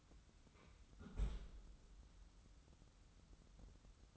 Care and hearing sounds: daily activity, microphone in the room; close fridge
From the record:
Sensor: 3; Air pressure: 994.4 hPa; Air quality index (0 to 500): 208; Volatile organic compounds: 1000 ppm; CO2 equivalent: 6948 ppm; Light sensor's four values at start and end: 192/461/195/194 and 186/448/188/187

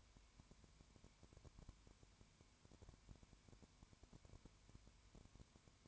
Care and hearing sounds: daily activity, microphone in the room; no activity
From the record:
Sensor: 2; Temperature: 20.0 degrees Celsius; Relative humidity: 32.1%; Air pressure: 1001.1 hPa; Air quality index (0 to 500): 55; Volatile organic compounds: 1 ppm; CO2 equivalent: 603 ppm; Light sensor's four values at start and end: 2/3/2/2 and 2/3/2/2

